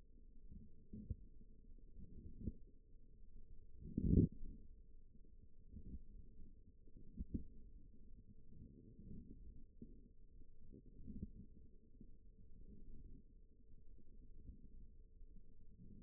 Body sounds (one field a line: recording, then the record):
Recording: forearm muscle sounds (acoustic myography)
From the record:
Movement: wrist flexion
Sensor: system 1, eight BSWA MPA416 microphones around the upper forearm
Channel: 4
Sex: female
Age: 20 years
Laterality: right